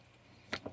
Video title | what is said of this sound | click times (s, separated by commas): 6th Gen Camaro 2.0t Diverter Valves | it just snaps in place it | 0.5 s